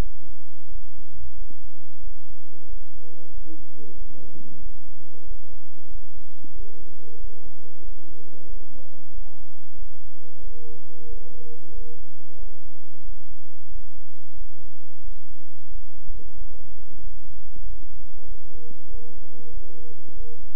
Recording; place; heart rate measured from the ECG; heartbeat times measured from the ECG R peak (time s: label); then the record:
heart sounds by stethoscope; between the tricuspid and mitral areas; 93 bpm
0.68 s: heartbeat
1.34 s: heartbeat
2.00 s: heartbeat
2.66 s: heartbeat
3.30 s: heartbeat
3.94 s: heartbeat
4.59 s: heartbeat
5.24 s: heartbeat
5.88 s: heartbeat
6.52 s: heartbeat
7.17 s: heartbeat
7.81 s: heartbeat
8.46 s: heartbeat
9.11 s: heartbeat
9.75 s: heartbeat
10.40 s: heartbeat
11.06 s: heartbeat
11.71 s: heartbeat
12.36 s: heartbeat
13.01 s: heartbeat
13.68 s: heartbeat
14.34 s: heartbeat
15.01 s: heartbeat
15.68 s: heartbeat
16.34 s: heartbeat
17.00 s: heartbeat
17.63 s: heartbeat
18.24 s: heartbeat
18.88 s: heartbeat
19.50 s: heartbeat
20.14 s: heartbeat
From the record:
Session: bicycle stress test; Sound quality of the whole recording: good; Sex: male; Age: 26 years